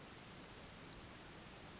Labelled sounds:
Western Flycatcher

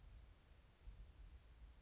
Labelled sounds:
Spotted Towhee

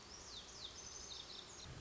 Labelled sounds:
Lazuli Bunting

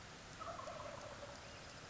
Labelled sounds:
Wild Turkey

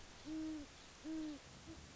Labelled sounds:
Great Horned Owl

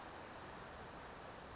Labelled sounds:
Chestnut-backed Chickadee

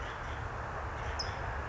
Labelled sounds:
California Towhee

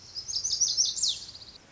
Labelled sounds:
Lazuli Bunting

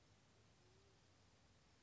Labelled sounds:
Band-tailed Pigeon

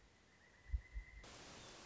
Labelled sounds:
Pileated Woodpecker

